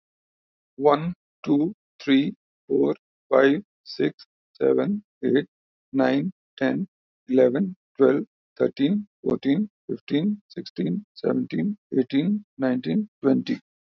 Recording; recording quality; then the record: counting at a normal pace; excellent, no background noise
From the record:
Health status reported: healthy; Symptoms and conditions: none ticked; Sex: male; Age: 60 years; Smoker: not ticked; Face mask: not worn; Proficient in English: yes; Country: India